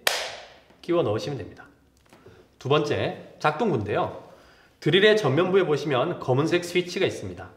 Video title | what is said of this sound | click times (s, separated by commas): DK WOODWORKS 목재의 분류 / 전동 및 수공구 기초 / 경상남도교육청 예술교육원 해봄 | 그래서 배터리를 교환하시고 다시 홈에 맞춰서 탈칵 소리가 날 때까지 끼워 넣으시면 됩니다. | 0.1 s